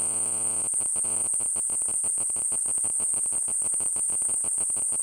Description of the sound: Tinnitus.